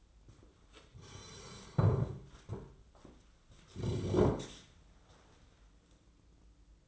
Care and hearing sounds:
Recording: daily activity, microphone in the room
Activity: sit down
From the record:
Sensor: 3

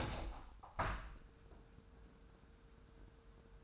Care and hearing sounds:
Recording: daily activity, microphone in the room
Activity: open window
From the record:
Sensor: 2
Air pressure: 999.7 hPa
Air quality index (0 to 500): 219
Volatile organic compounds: 48 ppm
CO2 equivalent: 3265 ppm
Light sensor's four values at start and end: 8/19/8/8 and 8/20/8/8

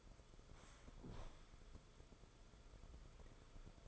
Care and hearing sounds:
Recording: daily activity, microphone in the room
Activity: sit down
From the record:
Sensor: 5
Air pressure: 994.5 hPa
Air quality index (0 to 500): 185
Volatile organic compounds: 1000 ppm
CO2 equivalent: 5428 ppm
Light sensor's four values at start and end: 12/29/11/12 and 12/30/12/13

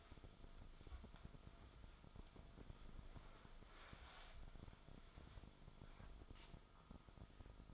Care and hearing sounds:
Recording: daily activity, microphone in the room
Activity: wipe stove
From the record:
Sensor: 5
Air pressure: 1004.9 hPa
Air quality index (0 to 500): 102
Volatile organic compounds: 2 ppm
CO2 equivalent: 1240 ppm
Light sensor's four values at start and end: 32/72/30/30 and 32/71/30/30

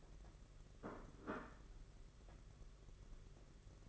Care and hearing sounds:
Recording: daily activity, microphone in the room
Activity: place plate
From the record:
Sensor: 4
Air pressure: 992.6 hPa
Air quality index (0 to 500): 135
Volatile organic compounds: 56 ppm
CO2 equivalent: 3372 ppm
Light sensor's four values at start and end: 19/65/24/25 and 19/65/24/25

